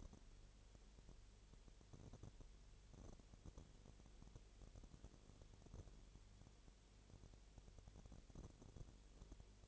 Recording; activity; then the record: daily activity, microphone in the room; no activity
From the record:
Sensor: 4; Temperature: 22.7 degrees Celsius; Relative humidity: 32.0%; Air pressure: 1008.1 hPa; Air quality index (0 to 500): 114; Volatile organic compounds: 2 ppm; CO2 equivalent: 1108 ppm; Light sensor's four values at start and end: 2/3/1/1 and 2/3/1/1